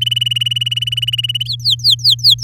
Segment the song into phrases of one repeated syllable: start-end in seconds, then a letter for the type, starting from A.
0.01-1.43 A, 1.45-2.44 B